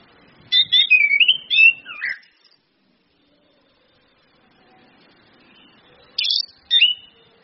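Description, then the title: Orange-headed thrush song, a quick tumbling string of clear whistled and slurred notes ending in a falling slur, then a long silence and two brief sharp notes. Lure song of the orange-headed thrush with female calls, meant to prompt the bird to sing actively. "PANCINGAN anis kembang ngeplong dan SUITAN BETINA"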